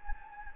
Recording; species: mosquito wingbeat signal from an infrared sensor; Anopheles gambiae